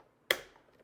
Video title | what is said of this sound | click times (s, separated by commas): Dreame X40 Ultra - Maintenance Walkthrough | Yep. Locks into place. | 0.3 s